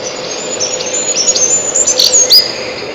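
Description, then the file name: Siberian chiffchaff song of brief, high, sharp notes tumbling in an irregular sequence, with a faint steady drone beneath. "пеночка печальная"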